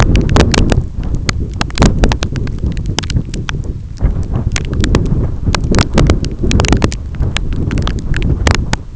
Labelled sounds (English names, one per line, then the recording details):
none
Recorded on Arctic tundra, site EABA-1, on 25 June 2018
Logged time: 06:00